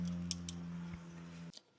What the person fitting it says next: Okay, so we've basically put this on, we've pushed it on, and you should hear 2 clicks.